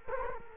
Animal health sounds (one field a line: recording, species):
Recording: mosquito wingbeat signal from an infrared sensor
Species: Culex quinquefasciatus